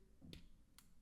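The first of two small metal battery-retaining cages holding the coin cell in a Casio G-Shock GA-2100 wristwatch movement is pressed closed after a battery replacement. Two short, sharp metallic ticks sound at 0.3 s and 0.8 s, and the cage clicks shut and is seated.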